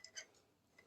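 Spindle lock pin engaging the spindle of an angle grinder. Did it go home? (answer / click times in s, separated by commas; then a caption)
no / none. Someone holds the spindle lock button on a BAUER 20V cordless 4-1/2 in angle grinder and turns the spindle so the lock pin can drop in before using the wrench built into the handle. Short bright metallic ticks are heard: a sharp one at 0.05 s, a louder clink around 0.2 s, and a faint tick near 0.8 s. Nothing has seated or locked yet.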